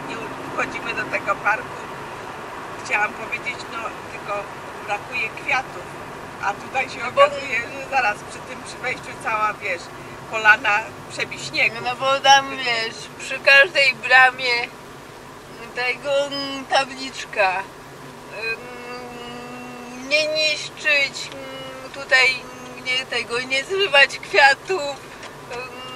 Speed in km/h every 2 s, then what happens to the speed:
87, 82, 77, 71, 64, 56, 50, 48, 48, 48, 50, 50, 50.
0-12 slows to 50. 12-26 steady at about 50.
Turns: none.